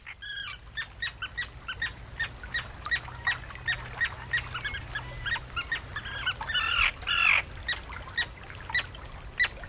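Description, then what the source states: Common Tern alarm calling: rapid, agitated stream of short sharp kit notes with one drawn-out grating scream midway, steady low hum beneath. Birds fly out to meet a boater approaching the nesting area, calling loudly and diving at the intruder's head; colony sensitive to disturbance.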